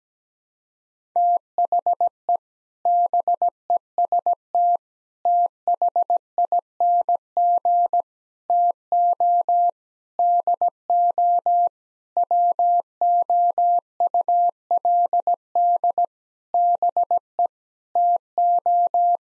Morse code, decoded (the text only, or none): THE BEST THING TO DO WOULD BE TO